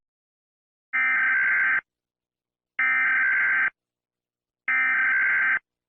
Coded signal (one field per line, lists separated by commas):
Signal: Emergency Alert System (SAME) tones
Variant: header bursts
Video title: ￼what lurks in the darkness Full version Dark Eas Scenario